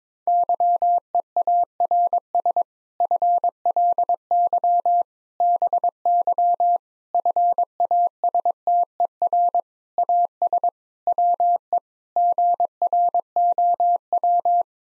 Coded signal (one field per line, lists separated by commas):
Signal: Morse code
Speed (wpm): 22 wpm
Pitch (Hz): 700 Hz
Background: none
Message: YEARS FLY BY FASTER AS WE GROW